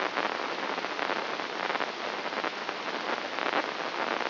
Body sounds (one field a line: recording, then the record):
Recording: brain microelectrode recording played as sound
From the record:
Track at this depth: outside the subthalamic nucleus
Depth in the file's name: 8.428 mm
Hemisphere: left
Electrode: 3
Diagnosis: Parkinson's disease